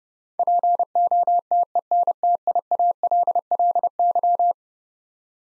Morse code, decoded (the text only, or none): POTENTIALLY